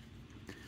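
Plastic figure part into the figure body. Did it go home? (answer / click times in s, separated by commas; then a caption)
yes / 0.5 s. A plastic part of a Retro Hot Rod animation-accurate Walmart exclusive action figure is pushed into the figure's body during transformation, over a steady low hum. The part locks in with a sharp click at 0.5 s, seating firmly, unlike the older version of the figure, whose part never clicked in.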